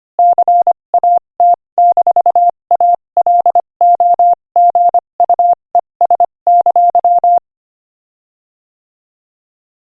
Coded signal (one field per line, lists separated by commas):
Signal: Morse code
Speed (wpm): 26 wpm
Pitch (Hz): 700 Hz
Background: none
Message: CAT-ALOGUES!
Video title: Morse Code Practice: 25 wpm Joke #24